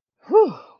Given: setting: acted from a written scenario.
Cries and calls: vocal sound without words; relief

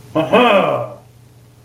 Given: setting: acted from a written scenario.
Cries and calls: vocal sound without words; triumph

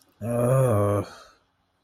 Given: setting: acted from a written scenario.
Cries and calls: vocal sound without words; guilt

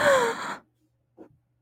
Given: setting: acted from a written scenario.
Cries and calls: vocal sound without words; fear

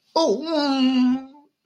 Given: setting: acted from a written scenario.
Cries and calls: vocal sound without words; elation

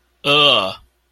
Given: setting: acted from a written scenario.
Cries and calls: vocal sound without words; contempt

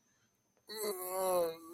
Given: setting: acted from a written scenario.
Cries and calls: vocal sound without words; pain

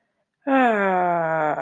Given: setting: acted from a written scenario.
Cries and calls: vocal sound without words; relief

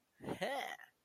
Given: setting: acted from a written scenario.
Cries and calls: vocal sound without words; pride

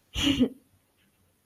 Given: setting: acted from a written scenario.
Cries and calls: vocal sound without words; pride

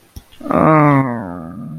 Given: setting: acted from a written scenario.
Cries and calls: vocal sound without words; guilt

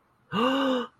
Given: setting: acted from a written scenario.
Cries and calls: vocal sound without words; elation

